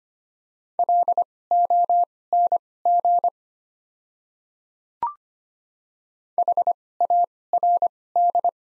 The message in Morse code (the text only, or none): LONG HARD